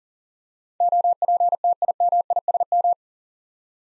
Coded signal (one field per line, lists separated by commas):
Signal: Morse code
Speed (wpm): 40 wpm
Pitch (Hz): 700 Hz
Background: none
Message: OPTIMISM